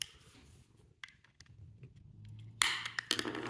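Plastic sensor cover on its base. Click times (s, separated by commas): 2.6 s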